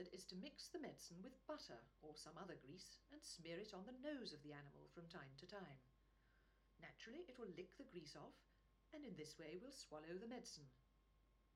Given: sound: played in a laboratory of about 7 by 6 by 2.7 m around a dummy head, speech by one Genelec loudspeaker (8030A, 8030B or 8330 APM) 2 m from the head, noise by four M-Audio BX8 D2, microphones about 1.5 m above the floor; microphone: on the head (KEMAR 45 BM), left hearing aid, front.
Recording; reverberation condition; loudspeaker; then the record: female speech in English; low; 90 degrees to the left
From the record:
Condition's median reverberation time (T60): about 310 ms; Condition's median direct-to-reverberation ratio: about 3.5 dB